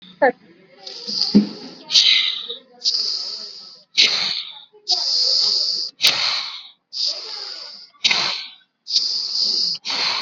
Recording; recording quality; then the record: deep breathing; excellent, no background noise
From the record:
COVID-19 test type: RT-PCR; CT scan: not taken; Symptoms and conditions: none ticked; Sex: male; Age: 56 years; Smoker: no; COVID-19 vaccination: both doses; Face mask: worn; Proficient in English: yes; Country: India